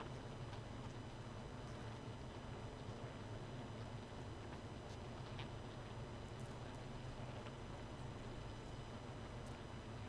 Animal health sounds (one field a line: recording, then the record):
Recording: honeybee colony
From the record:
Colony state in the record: missing queen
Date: 31 May 2018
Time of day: 1:53